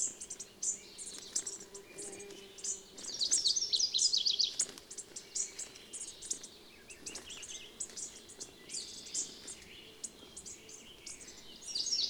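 Bird song of sharp, high chirps and a rapid trilled burst, notes scattered irregularly with short gaps, and a soft background hum.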